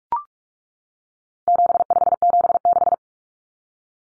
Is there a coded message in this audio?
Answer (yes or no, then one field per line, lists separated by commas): yes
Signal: Morse code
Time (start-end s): 1.5-2.9 s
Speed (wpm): 44 wpm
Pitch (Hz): 700 Hz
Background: none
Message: 7576